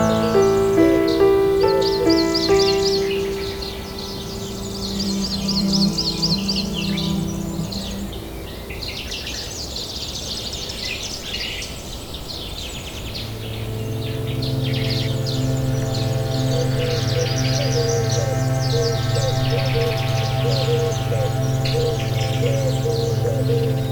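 Nature sounds with piano: sustained piano notes ring under a steady bed of bird chirps and tweets scattered across the high range throughout. The piano is fuller early, thins out around the middle, then returns with a low held chord from about thirteen seconds on.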